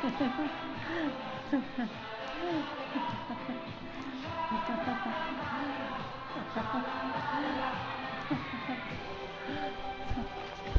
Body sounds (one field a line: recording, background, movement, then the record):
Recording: laughter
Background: music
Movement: walking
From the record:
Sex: female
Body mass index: 25.5 kg/m2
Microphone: on the chest, facing outward